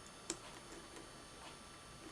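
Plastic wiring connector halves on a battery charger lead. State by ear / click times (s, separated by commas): seated / 0.3 s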